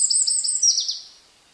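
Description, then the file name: Eurasian wren song fragment: a brief run of very high, rapid trilled notes that fades away after about a second. "Troglodytes troglodytes"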